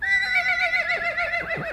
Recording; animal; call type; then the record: contact call of a hoofed animal; Przewalski's horse; whinny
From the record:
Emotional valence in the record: negative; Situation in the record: naturally occurring agonistic interactions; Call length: 1.74 s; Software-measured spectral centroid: 2460 Hz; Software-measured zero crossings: 3620 a second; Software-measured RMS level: -24 dBFS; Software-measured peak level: -10 dBFS